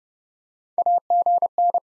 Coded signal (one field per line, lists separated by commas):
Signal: Morse code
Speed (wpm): 30 wpm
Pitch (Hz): 700 Hz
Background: none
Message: AGN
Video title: Top 20 QSO Elements 30wpm